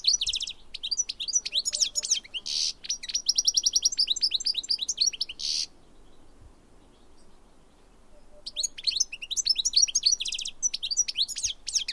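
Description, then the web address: Bird song of rapid chirps and trills with buzzy notes runs for several seconds, falls silent, then starts again with more high twittering. "Deverinetal"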